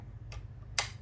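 A metal bobbin case is pushed into its shuttle holder under the needle plate of a vintage Singer 227M sewing machine, Australian made, 1950–1960. A softer click sounds at 0.3 s, then a sharp, louder click at 0.8 s over a low steady hum. The bobbin case is seated in place.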